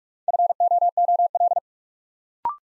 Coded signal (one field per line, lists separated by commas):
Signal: Morse code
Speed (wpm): 44 wpm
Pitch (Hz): 700 Hz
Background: none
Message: FOOL